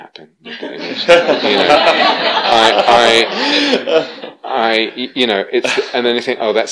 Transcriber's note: laughter